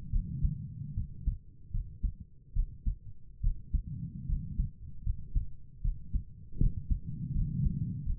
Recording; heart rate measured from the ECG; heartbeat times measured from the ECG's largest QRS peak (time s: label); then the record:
heart sounds by stethoscope; 76 bpm
0.12 s: heartbeat
0.96 s: heartbeat
1.72 s: heartbeat
2.55 s: heartbeat
3.42 s: heartbeat
4.28 s: heartbeat
5.04 s: heartbeat
5.83 s: heartbeat
6.59 s: heartbeat
7.34 s: heartbeat
8.04 s: heartbeat
From the record:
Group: healthy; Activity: rest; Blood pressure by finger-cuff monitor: 91/58 mmHg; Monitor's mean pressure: 68 mmHg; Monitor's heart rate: 73 bpm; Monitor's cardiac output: 5.9 L/min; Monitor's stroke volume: 82 mL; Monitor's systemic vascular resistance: 800 dyn s/cm5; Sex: female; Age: 22 years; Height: 163 cm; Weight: 67.1 kg